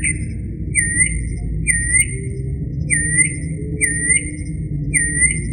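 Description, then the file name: Northern mockingbird song: a short whistled note repeated about once a second, over a steady low rumble. "kicauan burung northern mockingbird. omkicau"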